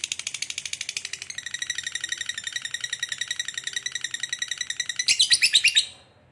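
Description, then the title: Lovebird chattering: rapid, ratchet-like high chirps repeated steadily, ending with a louder burst of sharper squeaky notes before stopping. Lovebird said to be very clever at 'memancing', baiting other birds into calling. "Dari Gayanya Lovebird Ini Terlihat Pintar Sekali Memancing"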